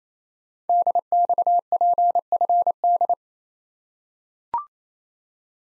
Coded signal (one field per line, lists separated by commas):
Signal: Morse code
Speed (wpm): 29 wpm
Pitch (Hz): 700 Hz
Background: none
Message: DXPFD